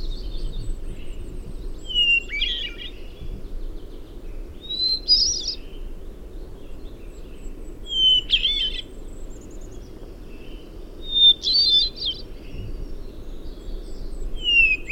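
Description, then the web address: Hermit thrush repeating flute-like phrases about every three seconds, each a long pure note then a rapid warbled flourish, with a constant low hum underneath. "Hermit Thrush Sounds --LNSCourse"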